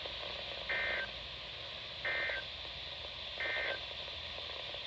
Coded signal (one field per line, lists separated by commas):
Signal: Emergency Alert System (SAME) tones